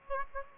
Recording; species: mosquito wingbeat signal from an infrared sensor; Aedes aegypti